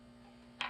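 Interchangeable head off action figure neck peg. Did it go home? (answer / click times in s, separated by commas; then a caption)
released / 0.6 s. A plastic interchangeable head is popped off the neck peg of a Marvel Retro X-Men action figure (Cyclops and Iceman) to try the other head. A steady low hum runs until a single sharp pop at 0.6 s, and the head comes free of the peg.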